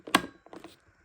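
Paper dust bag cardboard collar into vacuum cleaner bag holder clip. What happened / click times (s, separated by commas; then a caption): The cardboard bag collar snapped into its plastic clip / 0.2 s. The cardboard collar of a paper dust bag is pushed into the plastic clip on the second side of the bag holder of a Eureka The Boss SmartVac vacuum cleaner, giving one sharp, woody snap at 0.1 s. A few softer taps and rustles follow. The collar is seated securely and will not come off because it is lined up flush.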